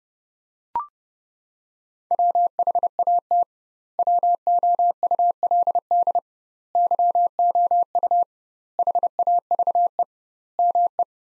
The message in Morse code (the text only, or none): WHAT WOULD YOU HAVE ME